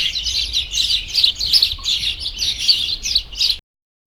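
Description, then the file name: Birds twittering together in a busy stream of high, rapid chirps that rise and fall in loudness, then stop abruptly, leaving silence. "birds chirping cheerfully"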